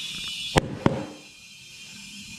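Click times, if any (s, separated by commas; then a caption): 0.6 s, 0.9 s. A motorcycle tire is inflated to set its rubber bead on the metal wheel rim. The bead snaps over the rim seat with two sharp, loud pops at 0.6 s and 0.9 s over a steady hiss, and the bead is seated.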